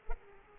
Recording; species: mosquito wingbeat signal from an infrared sensor; Aedes aegypti